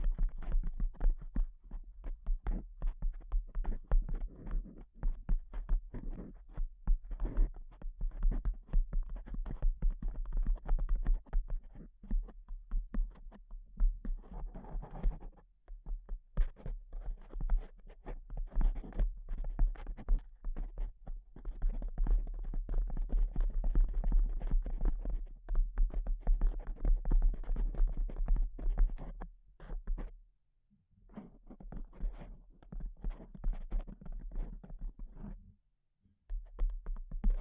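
Dense, muffled tapping runs almost continuously, quick flurries alternating with slower stretches, over a steady low hum, with brief pauses near 30 and 36 seconds.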